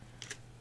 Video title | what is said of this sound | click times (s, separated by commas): OML Embroidery Live! Mug Rug Monday Crazy Quilt Heart in the hoop Mug Rug | And snap everything up. And that's how it sleeps. Do you hear that snap? | 0.2 s, 0.3 s